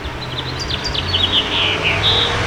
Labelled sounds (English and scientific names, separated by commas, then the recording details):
House Finch (Haemorhous mexicanus) song
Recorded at Babylon on Long Island, New York, on 18 May 2013
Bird A